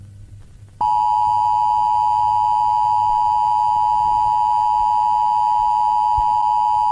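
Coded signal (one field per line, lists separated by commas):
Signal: Emergency Alert System (SAME) tones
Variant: 853 and 960 Hz attention tone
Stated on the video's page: Fictional Philippine EAS scenario about a glitch flood; simulated, not a real alert.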